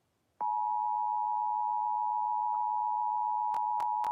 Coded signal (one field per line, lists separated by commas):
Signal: Emergency Alert System (SAME) tones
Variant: 853 and 960 Hz attention tone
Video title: EAS Severe T’storm Warning #7 3/15/25 (Credit Goes To @SouthernPennsylvaniaWX & @KanawhaCountyWX)